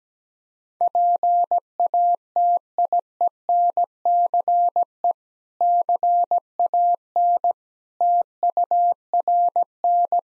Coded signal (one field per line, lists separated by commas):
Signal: Morse code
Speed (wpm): 17 wpm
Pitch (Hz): 700 Hz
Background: none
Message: PATIENCE CAN TURN